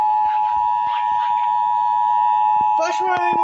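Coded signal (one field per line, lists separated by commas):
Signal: Emergency Alert System (SAME) tones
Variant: 853 and 960 Hz attention tone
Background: speech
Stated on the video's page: Relayed Flash Flood Warning, shown on a BlackBerry.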